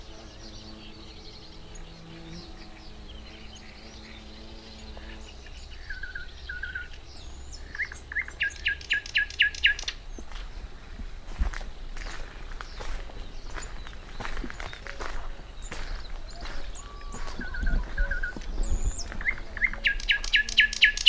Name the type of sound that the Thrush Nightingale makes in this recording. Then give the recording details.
song. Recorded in the wild. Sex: male. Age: adult. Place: Gartz (Oder), Nationalpark Unteres Odertal, Brandenburg, DE. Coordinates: 53.1335, 14.3747. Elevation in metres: 1. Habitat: meadow. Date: 2014-05-07 20:17. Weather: cloudy, 18°C, almost windless. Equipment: Sound Devices 702, Sennheiser MKH 70, Rycote Windschutz. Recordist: Frommolt, Karl-Heinz